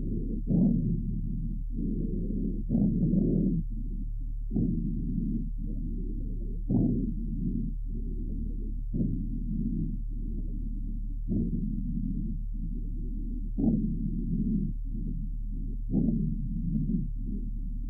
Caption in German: Sind größere Sekretmengen in den Bronchien vorhanden, zum Beispiel bei einer Bronchitis, so können oft feuchte Rasselgeräusche wahrgenommen werden.